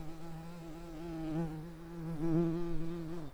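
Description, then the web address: Common carder bee buzzing, a continuous low hum with wavering pitch that swells in the second half and drops away at the end. Workers. "Pascuorum workers"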